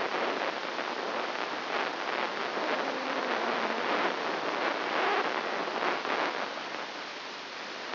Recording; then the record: brain microelectrode recording played as sound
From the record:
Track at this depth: inside the subthalamic nucleus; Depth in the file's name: 1.956 mm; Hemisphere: left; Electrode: 1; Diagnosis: Parkinson's disease